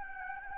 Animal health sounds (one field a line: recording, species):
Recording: mosquito wingbeat signal from an infrared sensor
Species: Anopheles gambiae